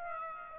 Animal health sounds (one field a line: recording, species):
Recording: mosquito wingbeat signal from an infrared sensor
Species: Aedes aegypti